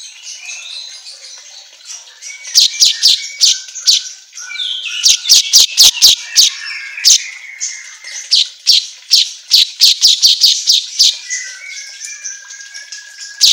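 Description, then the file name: Asian golden weaver chattering song of sharp, clicking chips in uneven bursts over a faint, continuous warbling background. Auto gacor recording for training songbirds. "Suara Kicau Manyar Kepala Emas Auto Gacor"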